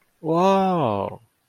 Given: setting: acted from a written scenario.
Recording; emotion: vocal sound without words; positive surprise